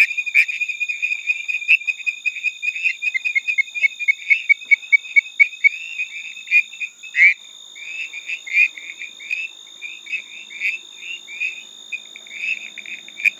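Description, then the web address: Frog calls, rapid high pulsed notes in quick bursts, some stretches denser than others, over two steady high electronic-sounding tones. "Frogs World"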